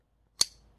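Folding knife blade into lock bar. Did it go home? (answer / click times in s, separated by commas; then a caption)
yes / 0.4 s. A Kubey Vagrant folding knife blade is opened and the lock bar snaps into place behind it, giving one sharp, bright metallic click at 0.4 s with a brief high ring that fades quickly. The blade locks open securely, and only a faint low background hum remains afterward.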